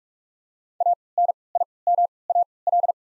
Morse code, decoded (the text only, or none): A N I M A L